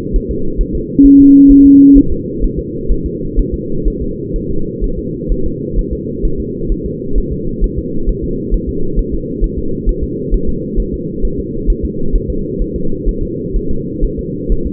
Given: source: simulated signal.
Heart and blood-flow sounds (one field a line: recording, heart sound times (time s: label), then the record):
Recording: fetal heart sounds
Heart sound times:
0.16 s: S1
0.31 s: S2
0.61 s: S1
0.75 s: S2
1.06 s: S1
1.20 s: S2
1.51 s: S1
1.66 s: S2
1.98 s: S1
2.12 s: S2
2.44 s: S1
2.59 s: S2
2.92 s: S1
3.06 s: S2
3.39 s: S1
3.54 s: S2
3.88 s: S1
4.02 s: S2
4.36 s: S1
4.51 s: S2
4.84 s: S1
4.99 s: S2
5.32 s: S1
5.46 s: S2
5.79 s: S1
5.93 s: S2
6.25 s: S1
6.40 s: S2
6.72 s: S1
6.86 s: S2
7.18 s: S1
7.33 s: S2
7.64 s: S1
7.78 s: S2
8.09 s: S1
8.24 s: S2
8.54 s: S1
8.69 s: S2
8.99 s: S1
9.14 s: S2
9.44 s: S1
9.59 s: S2
9.89 s: S1
10.04 s: S2
10.34 s: S1
10.49 s: S2
10.80 s: S1
10.94 s: S2
11.25 s: S1
11.39 s: S2
11.70 s: S1
11.85 s: S2
12.16 s: S1
12.30 s: S2
12.62 s: S1
12.76 s: S2
13.09 s: S1
13.23 s: S2
13.56 s: S1
13.71 s: S2
14.04 s: S1
14.19 s: S2
14.52 s: S1
14.67 s: S2
From the record:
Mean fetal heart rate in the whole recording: 130 bpm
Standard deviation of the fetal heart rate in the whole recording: 4 bpm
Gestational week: 38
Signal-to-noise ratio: -8.1 dB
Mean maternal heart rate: 72 bpm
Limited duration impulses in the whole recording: present